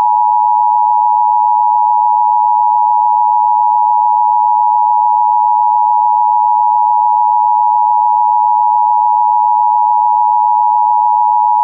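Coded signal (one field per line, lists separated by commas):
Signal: Emergency Alert System (SAME) tones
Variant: 853 and 960 Hz attention tone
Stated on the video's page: Parody of the Emergency Alert System.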